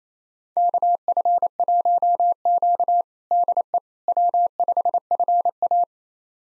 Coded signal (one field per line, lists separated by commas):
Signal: Morse code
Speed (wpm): 28 wpm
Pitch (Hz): 700 Hz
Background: none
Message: KF1Q DE W5FA